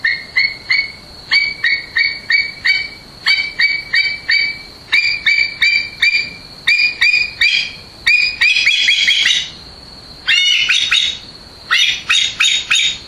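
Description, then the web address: Himalayan monal calling in rapid, harsh repeated notes, about three a second, breaking into noisier rasping bursts, with a constant thin high tone behind. "zvuky monal leskly"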